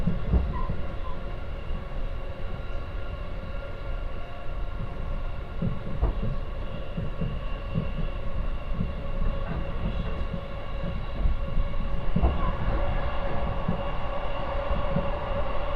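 A train ride on the Kosei Line: a steady low rumble of wheels on rails, with a constant whining hum of several pitches riding above it. Sharp clacks mark rail joints about every six seconds, and the noise swells slightly near the end.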